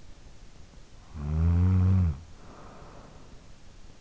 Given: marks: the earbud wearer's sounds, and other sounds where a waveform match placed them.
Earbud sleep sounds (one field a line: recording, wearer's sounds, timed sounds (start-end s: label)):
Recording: sounds in sleep by an in-ear microphone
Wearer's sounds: snoring breath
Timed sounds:
0.71-3.81 s: snoring breath